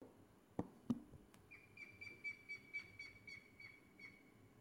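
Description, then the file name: Grey-headed woodpecker calling: a few sharp knocks, then a run of several whistled notes held at one pitch. "gr spett"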